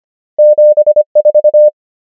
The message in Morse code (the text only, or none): 7 4